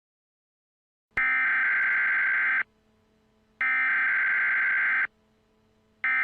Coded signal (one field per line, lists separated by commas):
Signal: Emergency Alert System (SAME) tones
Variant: header bursts